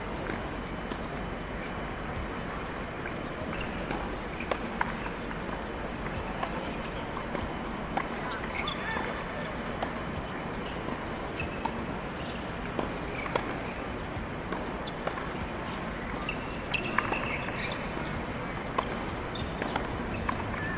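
At the US Open tennis tournament, a dense, steady murmur of crowd chatter fills the air, broken by frequent sharp clicks and knocks throughout.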